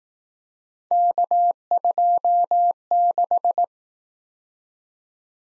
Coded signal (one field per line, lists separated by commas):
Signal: Morse code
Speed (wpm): 18 wpm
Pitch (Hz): 700 Hz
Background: none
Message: K26